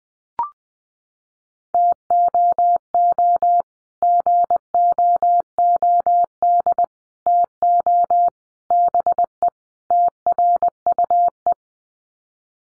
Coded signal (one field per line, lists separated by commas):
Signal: Morse code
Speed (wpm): 20 wpm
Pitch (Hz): 700 Hz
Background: none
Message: TOO GOOD TO BE TRUE